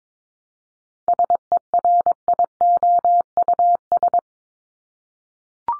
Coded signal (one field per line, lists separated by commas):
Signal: Morse code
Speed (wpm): 22 wpm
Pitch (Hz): 700 Hz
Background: none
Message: SERIOUS